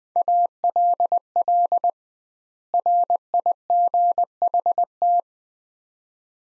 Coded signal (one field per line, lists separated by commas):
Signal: Morse code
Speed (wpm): 20 wpm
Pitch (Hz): 700 Hz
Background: none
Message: ALL RIGHT